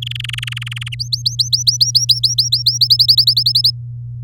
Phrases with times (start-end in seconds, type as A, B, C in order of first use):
0.02-0.89 A, 0.92-0.95 B, 0.99-2.78 C, 2.81-3.70 D